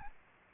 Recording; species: mosquito wingbeat signal from an infrared sensor; Aedes albopictus